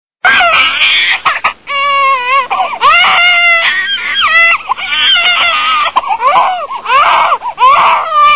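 A baby cries loudly and almost without pause for about eight seconds, the wails rising and falling in pitch and turning shrill at times. It is an ordinary, vigorous infant cry.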